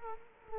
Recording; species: mosquito wingbeat signal from an infrared sensor; Culex quinquefasciatus